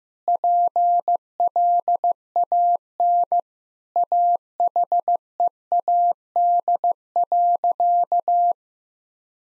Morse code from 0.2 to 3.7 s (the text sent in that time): PLAN